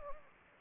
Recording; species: mosquito wingbeat signal from an infrared sensor; Anopheles gambiae